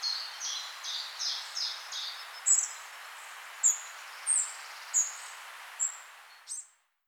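Bird song opening with a quick run of buzzy notes, then crisp high chirps spaced under a second apart, against a steady hiss.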